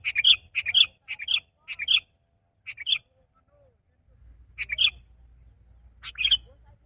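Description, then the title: Sooty-headed bulbul calling with separate sharp chirped notes at uneven intervals, some paired, over a faint low rumble in the second half. "kutilang"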